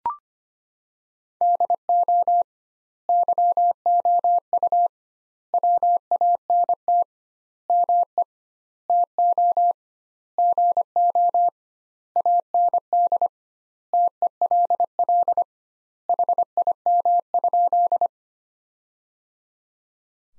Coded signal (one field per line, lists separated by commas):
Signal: Morse code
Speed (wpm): 25 wpm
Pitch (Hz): 700 Hz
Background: none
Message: DO YOU WANT ME TO GO AND TELL HIM?